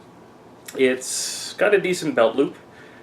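Someone talks while handling the hard plastic belt loop on a Secure-Ex knife sheath for a Cold Steel Steel Tiger Stone Washed 49KST, with a brief broadband hiss around 1.0–1.5 s between the spoken words. The loop is being handled and has not snapped into place yet; nothing has seated or clicked.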